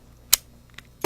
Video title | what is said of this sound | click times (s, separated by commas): door handle problem | heard that click but now you got a pull on it | 0.3 s